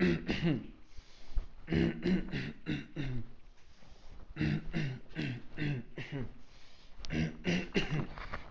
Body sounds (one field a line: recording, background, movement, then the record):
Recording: throat clearing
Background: quiet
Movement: walking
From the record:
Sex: male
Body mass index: 21.0 kg/m2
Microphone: on the chest, facing outward